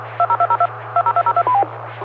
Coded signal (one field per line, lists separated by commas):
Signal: DTMF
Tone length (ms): 70 ms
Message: 20202 20202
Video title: Friday Night Fun Net | Amateur Radio Worldwide Live Stream Radio | KD9MED